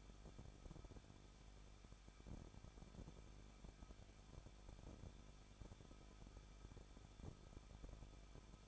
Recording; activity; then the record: daily activity, microphone in the room; no activity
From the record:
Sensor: 5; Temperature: 20.8 degrees Celsius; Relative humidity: 38.4%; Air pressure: 1006.5 hPa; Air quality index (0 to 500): 191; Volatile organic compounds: 20 ppm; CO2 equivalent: 2701 ppm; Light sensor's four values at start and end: 2/3/1/1 and 2/3/1/1